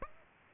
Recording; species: mosquito wingbeat signal from an infrared sensor; Aedes aegypti